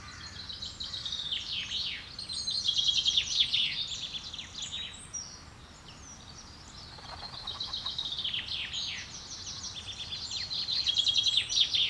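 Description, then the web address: Birds singing in overlapping bursts of high chirps and trills, with a quieter lull near the middle before the chorus builds again. Woodland birds. "Birds, Insects Animals - Birds woodland"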